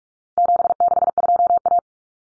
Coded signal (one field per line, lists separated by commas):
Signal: Morse code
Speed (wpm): 44 wpm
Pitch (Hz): 700 Hz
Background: none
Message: 762A